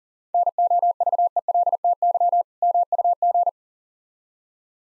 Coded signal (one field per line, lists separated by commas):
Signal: Morse code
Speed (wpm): 43 wpm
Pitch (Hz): 700 Hz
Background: none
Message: NOVELTY MUG